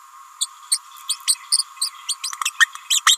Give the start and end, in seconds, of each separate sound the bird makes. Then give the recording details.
0.40-0.46, 0.71-0.78, 1.08-1.16, 1.27-1.36, 1.51-1.64, 1.81-1.90, 2.08-2.15, 2.60-2.65, 2.90-3.01, 3.06-3.17. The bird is a female. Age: 29 days. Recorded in a nest box in Venezuela. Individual 17B31A3